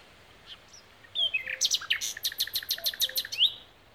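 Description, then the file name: Common nightingale singing a short phrase: soft introductory whistles, then a fast run of loud, harsh repeated notes ending in a bright upslurred whistle. "Luscinia megarhynchos"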